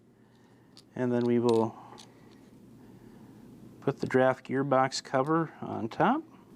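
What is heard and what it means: Someone talks while handling a plastic draft gearbox cover that goes on top of a coupler in the draft gear box of an HO model freight car, with a few faint handling ticks between the speech. The car still has its tabs, so the cover should snap into place, but nothing has seated or clicked yet when the clip ends.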